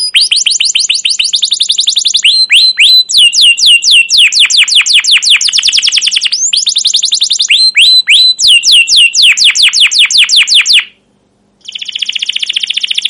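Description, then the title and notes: Atlantic canary singing a long run of rapid, sharply descending chirps in quick trills, with a brief pause before a steadier buzzy phrase resumes. Canary song in the 'cuit cuit' and 'ngerol' rolling style, long and energetic; used as a lure and master for young canaries learning sounds. "CUIT CUIT NGEROL LANGSUNG GACOR PANJANG Kenari Ini AMPUH Utk Pancingan KENAR. PANCINGAN Kenari GACOR PANJANG Cuit CUIT EMOSI ini AMPUH utk MASTERAN Kenari PAUD belajar BUNYI. burung kenari"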